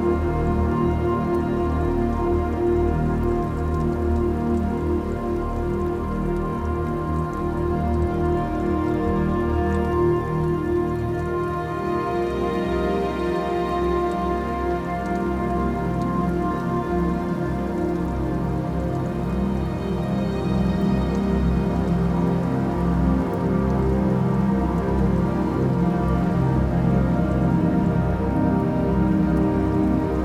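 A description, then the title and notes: Steady nighttime rain falls in a dense, even patter at a constant level for the whole half minute. Beneath it sit layered, sustained low tones like a deep hum or drone, shifting slightly around the twelve-second mark. Nighttime Soothing Rain.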